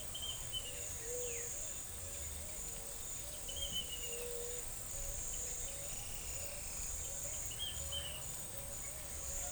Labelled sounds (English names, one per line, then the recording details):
Tropical Kingbird
Eared Dove
White-tipped Dove
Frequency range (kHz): Tropical Kingbird 2.5-3.3 kHz; Eared Dove 0.4-0.6 kHz; White-tipped Dove 0.4-0.6 kHz
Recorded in forest near Pivijay, Magdalena, Colombia, on 4 June 2023 at 07:00
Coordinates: 10.467, -74.380
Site Z5-G034